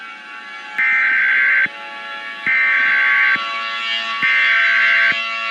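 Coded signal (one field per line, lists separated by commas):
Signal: Emergency Alert System (SAME) tones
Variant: header bursts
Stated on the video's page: Mock solar-storm-themed EAS scenario, not real.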